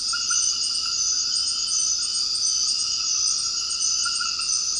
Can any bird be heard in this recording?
no